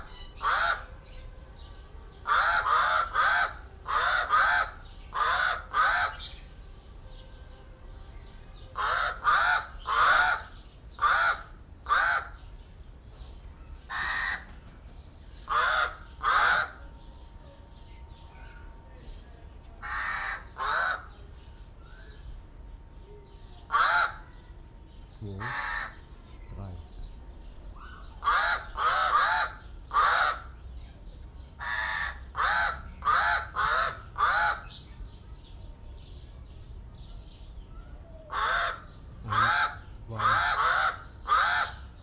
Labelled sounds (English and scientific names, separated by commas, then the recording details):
Pied Crow (Corvus albus) call
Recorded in captivity
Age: adult
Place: Zoo Berlin, Berlin, DE
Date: 1993-07-17 12:51
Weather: wolkig, 22°C
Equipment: Marantz CP 430, Sennheiser ME 80, Kopie Uher Variocord 263
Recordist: Tembrock, Günter